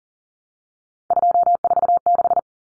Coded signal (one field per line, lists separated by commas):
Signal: Morse code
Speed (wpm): 40 wpm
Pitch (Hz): 700 Hz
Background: none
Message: 246